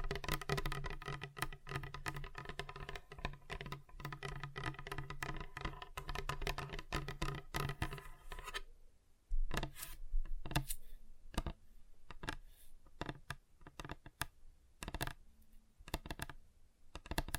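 Fingers tap rapidly on a table, a dense run of sharp clicks like typing over a steady low hum for the first eight seconds. After a brief pause the hum drops away, and the taps turn sparser and more irregular, some louder and sharper than others.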